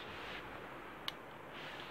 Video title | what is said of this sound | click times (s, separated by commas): démontage compartiment moteur de la xsara #7 | Donc le clac en fait c'est quand j'enlève la sécurité. | 1.1 s